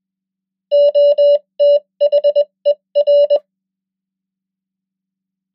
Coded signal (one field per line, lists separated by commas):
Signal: Morse code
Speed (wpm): 21 wpm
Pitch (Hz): 580 Hz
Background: none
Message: OTHER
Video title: 100 most common English words in Morse Code @20wpm